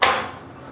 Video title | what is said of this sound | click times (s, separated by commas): How to Install a Water Heater a Step by step Guide | and you actually push down and you can hear it click in | 0.0 s